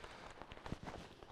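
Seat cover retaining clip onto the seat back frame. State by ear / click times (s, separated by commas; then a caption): not seated / none. A replacement cloth seat cover is being fitted to the top of a 2006–2009 Dodge RAM truck seat, with its retaining clip pushed toward the seat back frame. Rustling handling noise is heard, with brief sharp knocks at about 0.4 s and 0.7 s and a few softer thuds after. Nothing has snapped or seated yet; the clip is not home by the end.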